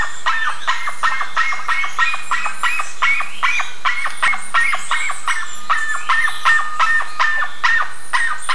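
Birds producing rapid, scratchy chirps with occasional higher squeaks, overlapping calls repeated about two or three times a second.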